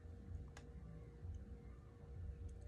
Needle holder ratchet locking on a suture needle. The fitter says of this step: You can hear it click.